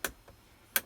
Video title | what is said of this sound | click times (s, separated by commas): Dell P2415Q - Faint Horizontal Grey Line Fix - Pt2B, Reassemble the frame & watch out for dust! | snap snap all the way around you should hear that audible click | 0.1 s, 0.8 s